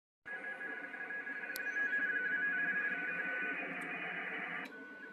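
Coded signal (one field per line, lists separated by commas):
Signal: RTTY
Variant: 170 Hz shift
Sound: rapid warbling between two close tones, typical radioteletype chatter, over steady hiss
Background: radio static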